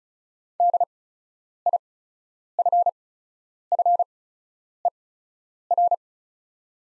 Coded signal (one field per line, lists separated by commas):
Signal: Morse code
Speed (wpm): 36 wpm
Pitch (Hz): 700 Hz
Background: none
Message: DIFFER